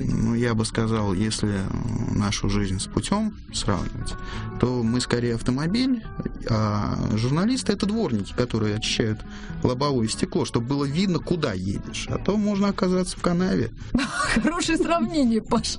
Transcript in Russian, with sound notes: Ну я бы сказал, если нашу жизнь с путем сравнивать, то мы, скорее, автомобиль, а журналисты – это дворники, которые очищают лобовое стекло, чтобы было видно, куда едешь. А то можно оказаться в канаве. (смеется)
Хорошее сравнение, Паша.